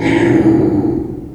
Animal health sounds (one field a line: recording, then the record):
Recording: squeal of a Yucatan mini pig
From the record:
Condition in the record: before surgery on the right vocal fold (resection and tissue-engineered implant)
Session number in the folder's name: 2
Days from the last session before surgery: -15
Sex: female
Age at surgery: 19 weeks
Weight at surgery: 25 kg